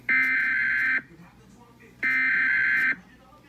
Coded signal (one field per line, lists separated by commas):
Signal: Emergency Alert System (SAME) tones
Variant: header bursts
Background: speech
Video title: Los Angeles Required Monthly Test EAS #486 493 8 31 21